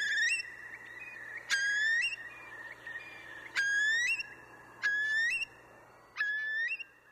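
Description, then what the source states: Eurasian curlew calls: clear whistled notes, each rising at the end, repeated five times. Endangered species.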